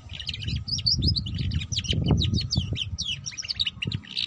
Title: Canto Para Esquentar Canário Belga. Suara Kenari Belajar Bunyi Ngeriwik || Cocok Untuk Pancingan Kenari Ngeriwik